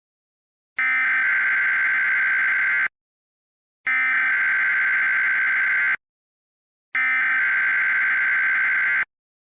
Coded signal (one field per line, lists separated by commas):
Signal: Emergency Alert System (SAME) tones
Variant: header bursts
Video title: EAS Mock: Wait What?